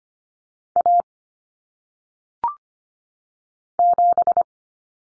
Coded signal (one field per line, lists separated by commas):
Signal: Morse code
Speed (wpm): 25 wpm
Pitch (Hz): 700 Hz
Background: none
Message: A 7